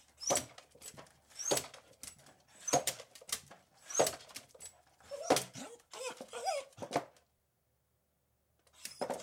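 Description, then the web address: Beagle barking: a series of sharp barks and some whining, then a brief silence before another bark. Barking, whining and jumping up at a door, indoors. "Sound Effects-BBC. beagle barking whining and jumping up at a door interior"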